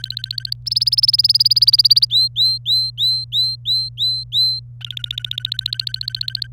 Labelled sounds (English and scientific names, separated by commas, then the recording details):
Domestic Canary (Serinus canaria) song
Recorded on 27 April 2018 at 15:10
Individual llb3